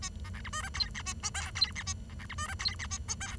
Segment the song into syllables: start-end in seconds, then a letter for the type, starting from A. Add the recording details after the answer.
0.02-0.09 A, 0.24-0.29 B, 0.34-0.41 C, 0.44-0.49 D, 0.53-0.62 E, 0.62-0.69 F, 0.74-0.90 G, 0.94-1.02 H, 1.05-1.13 A, 1.23-1.30 I, 1.34-1.50 J, 1.55-1.71 G, 1.75-1.83 H, 1.86-1.93 A, 2.09-2.14 B, 2.19-2.26 C, 2.29-2.35 D, 2.38-2.47 E, 2.48-2.54 F, 2.59-2.75 G, 2.79-2.87 H, 2.90-2.98 A, 3.08-3.15 I, 3.20-3.36 J. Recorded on 23 June 2012 at 08:45. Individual gr41rd51